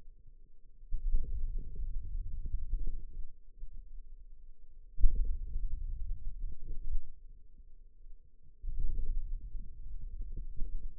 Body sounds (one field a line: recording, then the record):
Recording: forearm muscle sounds (acoustic myography)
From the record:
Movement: hand opening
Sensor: system 2, bracelet of six BSWA MPA416 microphones around the upper forearm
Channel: 4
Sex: female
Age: 21 years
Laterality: right